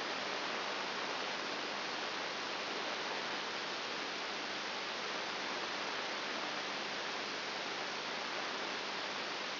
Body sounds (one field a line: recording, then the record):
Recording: brain microelectrode recording played as sound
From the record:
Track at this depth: inside the subthalamic nucleus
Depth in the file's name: 4.9 mm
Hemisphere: right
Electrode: 3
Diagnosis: Parkinson's disease